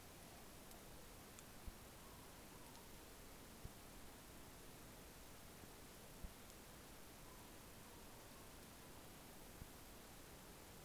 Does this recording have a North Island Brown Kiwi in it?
no